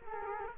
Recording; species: mosquito wingbeat signal from an infrared sensor; Culex quinquefasciatus